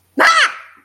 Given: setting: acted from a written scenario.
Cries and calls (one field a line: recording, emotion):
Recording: vocal sound without words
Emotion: negative surprise